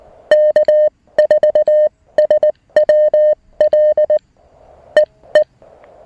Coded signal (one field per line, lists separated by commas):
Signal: Morse code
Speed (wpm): 19 wpm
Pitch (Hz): 610 Hz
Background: music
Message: K4SWL EE